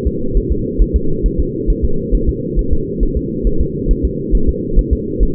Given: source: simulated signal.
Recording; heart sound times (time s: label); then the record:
fetal heart sounds
0.07 s: S2
0.37 s: S1
0.52 s: S2
0.82 s: S1
0.96 s: S2
1.26 s: S1
1.40 s: S2
1.70 s: S1
1.85 s: S2
2.14 s: S1
2.29 s: S2
2.59 s: S1
2.73 s: S2
3.03 s: S1
3.17 s: S2
3.47 s: S1
3.61 s: S2
3.91 s: S1
4.05 s: S2
4.35 s: S1
4.49 s: S2
4.79 s: S1
4.93 s: S2
5.23 s: S1
From the record:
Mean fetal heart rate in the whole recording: 135 bpm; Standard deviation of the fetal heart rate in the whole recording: 3 bpm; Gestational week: 36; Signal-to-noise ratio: -8.1 dB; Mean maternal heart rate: 72 bpm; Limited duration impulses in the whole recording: absent